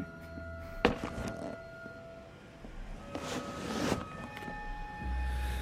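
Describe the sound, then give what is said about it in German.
A soft, dull thunk as a bag is set down on a desk, followed a few seconds later by a longer burst of rustling and shifting, over a steady low hum. “Warum stellen Sie Ihre Tasche nicht einfach auf den Schreibtisch?”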